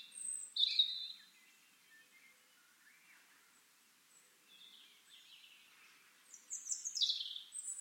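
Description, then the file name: European robin singing: a high jangling phrase, faint soft notes through the middle, then another bright, descending warbled phrase at the end. "Erithacus rubecula"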